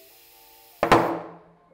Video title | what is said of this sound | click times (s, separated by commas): 45NRTH Tire Tech Education - Tubeless Tire Setup | There's a couple of pops there. That's pretty normal. | 0.8 s, 0.9 s